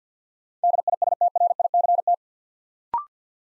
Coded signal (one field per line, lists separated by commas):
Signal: Morse code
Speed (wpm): 50 wpm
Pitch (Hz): 700 Hz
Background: none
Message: DISTRICT